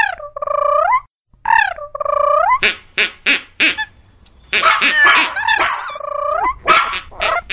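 A dog barks with no one talking: two drawn-out, wavering yelps, then a quick run of short sharp barks, followed by a busier burst of barking mixed with shrill, squawking calls.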